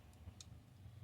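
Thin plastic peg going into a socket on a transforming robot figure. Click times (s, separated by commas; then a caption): 0.4 s. A thin plastic peg on a Jiayuehuang 8805 KO Studio Series 93 Vanguard Hot Rod (The Last Knight) transforming robot figure is lined up and pushed into its socket. A faint tick at 0.1 s comes before a short, sharp click at 0.4 s, over a steady low hum. The peg seats in the socket.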